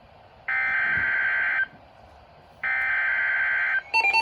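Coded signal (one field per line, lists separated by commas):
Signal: Emergency Alert System (SAME) tones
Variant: header bursts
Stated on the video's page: Severe thunderstorm warning on NOAA weather radio station, Columbus, Ohio.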